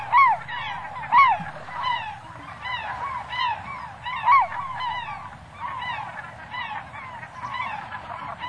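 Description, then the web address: Slaty-backed gull calls: loud, downslurred yelping notes from several overlapping gulls calling in irregular bursts. Recorded on Sakhalin and the Kuril Islands. "priroda sakhalina i kuril. Larus schistisagus"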